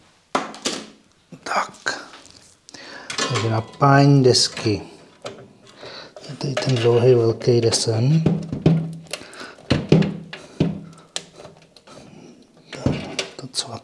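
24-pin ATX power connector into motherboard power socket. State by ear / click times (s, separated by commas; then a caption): seated / 11.2 s. A long 24-pin ATX power cable from the power supply is pushed into the motherboard's main power socket, a plastic connector with a latch, while someone talks and music plays. Handling sounds and sharp taps lead up to a crisp click at 11.2 s as the connector seats.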